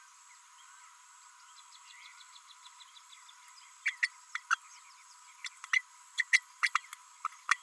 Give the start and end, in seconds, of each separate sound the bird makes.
3.85-3.97, 4.02-4.09, 4.35-4.40, 4.50-4.57, 5.44-5.48, 5.73-5.82, 6.17-6.24, 6.33-6.40, 6.62-6.69, 6.74-6.80, 7.24-7.27, 7.51-7.57